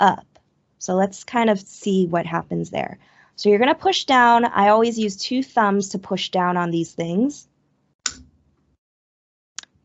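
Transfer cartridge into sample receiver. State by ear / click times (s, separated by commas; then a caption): seated / 8.1 s, 9.6 s. Someone talks as a white plastic transfer cartridge is pushed down with two thumbs into the blue sample receiver of an Abbott ID NOW test instrument. Sharp clicks sound at 8.1 s and 9.6 s as the cartridge seats, and its orange indicator lifts.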